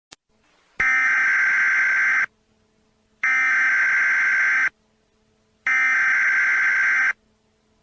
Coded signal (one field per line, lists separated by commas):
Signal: Emergency Alert System (SAME) tones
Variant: header bursts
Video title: CREEPY EAS BROADCAST ( Original ) video